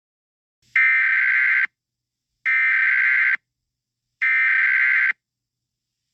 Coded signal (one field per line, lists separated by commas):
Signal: Emergency Alert System (SAME) tones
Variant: header bursts